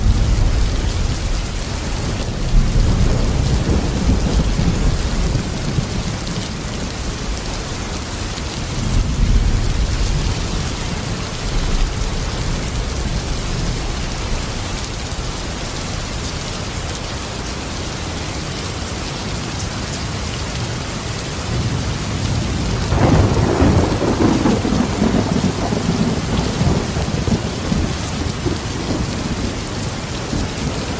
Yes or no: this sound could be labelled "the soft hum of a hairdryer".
no